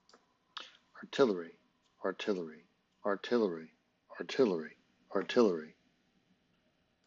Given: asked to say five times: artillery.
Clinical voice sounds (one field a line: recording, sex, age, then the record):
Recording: repeated word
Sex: male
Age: 50 to 59 years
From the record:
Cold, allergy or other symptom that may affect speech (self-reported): no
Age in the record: 57 years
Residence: Mississippi, United States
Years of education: 16